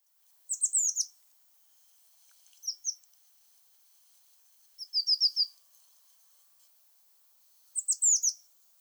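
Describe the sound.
Eurasian blue tit giving short rapid series of high, slightly downslurred notes, four bursts spaced a couple of seconds apart, very quiet background.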